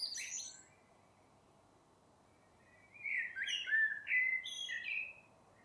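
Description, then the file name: Eurasian blackbird: a high, squeaky twitter, a lull, then a long mellow warbled phrase with clear whistled notes and thin high accents. "Turdus merula"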